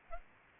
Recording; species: mosquito wingbeat signal from an infrared sensor; Culex pipiens